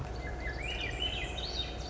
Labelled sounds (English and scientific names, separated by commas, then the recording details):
Swainson's Thrush (Catharus ustulatus)
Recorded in Sonoma County, California